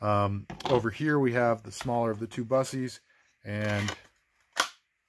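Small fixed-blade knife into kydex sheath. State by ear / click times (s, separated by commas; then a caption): seated / 4.6 s. Someone talks as the smaller of two Busse fixed-blade knives is pushed into its kydex sheath. After a short pause, a single sharp click at 4.6 s marks the knife snapping into place, held securely with no rattle and no play.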